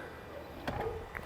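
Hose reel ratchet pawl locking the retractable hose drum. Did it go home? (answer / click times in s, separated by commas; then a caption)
yes / 0.7 s, 1.2 s. The ratchet pawl on a Gardena Roll-Up 30 m retractable garden hose reel clicks at 0.7 s and again at 1.2 s after the hose is pulled out and released, against a low steady background. The pawl catches and locks the hose drum at that length.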